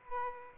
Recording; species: mosquito wingbeat signal from an infrared sensor; Aedes aegypti